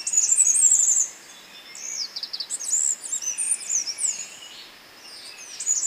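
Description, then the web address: Mountain wren song: rapid, high, thin warbled phrases with quick twittering notes, broken by short pauses and then resuming in jumbled bursts. Recorded in Ecuador. "Birds of Ecuador 516 Mountain Wren"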